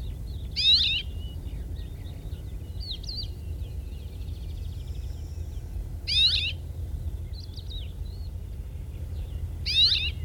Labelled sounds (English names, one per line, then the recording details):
Cirl Bunting call
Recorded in the wild
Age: juvenile
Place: Melnik, Blagoewgrad, BG
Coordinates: 41.525, 23.392
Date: 1974-05-23
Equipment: Nagra III BH, Sennheiser MD 21, parabola
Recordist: Schubert, Michael